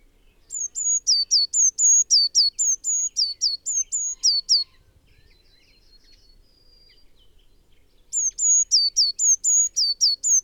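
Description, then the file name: Eurasian blue tit giving high, thin repeated notes, each a flat whistle then a quick downward slide, about four per second in two bursts separated by a quiet gap. "Cyanistes caeruleus"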